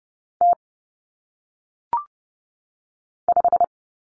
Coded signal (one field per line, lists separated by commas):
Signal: Morse code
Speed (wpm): 30 wpm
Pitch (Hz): 700 Hz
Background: none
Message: T 5